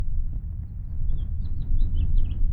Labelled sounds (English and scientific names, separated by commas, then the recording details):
House Finch (Haemorhous mexicanus) song
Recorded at Wantagh on Long Island, New York, on 21 May 1975
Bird C